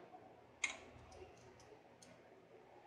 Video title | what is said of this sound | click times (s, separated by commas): What type of crankset should I Use. Stage 2: Drivetrain: Schwinn Al Comp #mtb #mtblife #womensbike | click there you go and then you do the same thing for the other side | 0.6 s